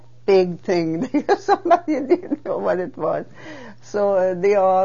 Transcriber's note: she laughs